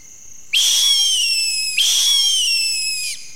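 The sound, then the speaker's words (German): Two loud, shrill bird calls, each held for over a second with a sharp start and a slowly falling pitch, sounding more like screeches than chirps. No one speaks. “Und die ersten Vögel zwitschern.”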